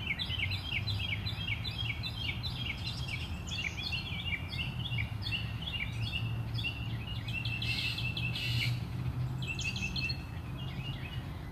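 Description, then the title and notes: Bird song, loud and busy: rapid chirping phrases and trills tumbling one after another, with a steady low hum in the background. Birds singing outside the recordist's house. "More bird songs outside my house"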